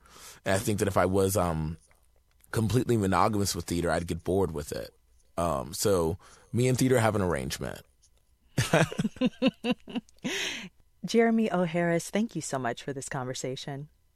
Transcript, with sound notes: And I think that if I was completely monogamous with theater, I'd get bored with it. So me and theater have an arrangement.
(LAUGHTER)
Jeremy O. Harris, thank you so much for this conversation.